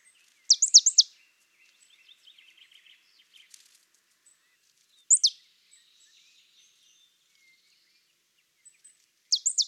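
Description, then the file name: Marsh tit calls: quick clusters of sharp, high, downslurred notes near the start, in the middle and at the end, with faint softer notes in between. "Poecile palustris"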